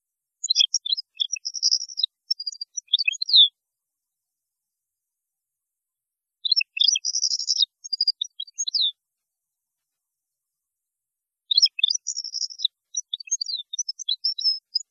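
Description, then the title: European goldfinch song given as three similar bursts of fast twittering with buzzy trills, separated by silences of roughly three seconds. "Chant Chardonneret"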